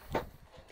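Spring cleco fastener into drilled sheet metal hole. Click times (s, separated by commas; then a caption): 0.1 s. A spring cleco temporary fastener is pushed into a drilled hole in sheet metal while building a sheet-metal glove. A single sharp click at 0.2 s is followed by quiet low rumble. The cleco seats in the hole.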